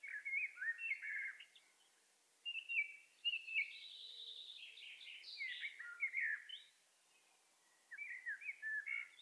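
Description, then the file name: Common blackbird song: several flute-like warbling phrases separated by short gaps, with some higher chattering notes, against faint steady background noise. "Turdus merula"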